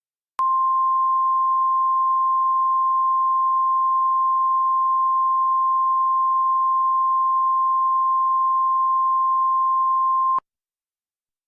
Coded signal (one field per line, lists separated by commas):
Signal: Emergency Alert System (SAME) tones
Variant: 1050 Hz attention tone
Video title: EAS Scenario - Infectious Smile: Smile-22 pandemic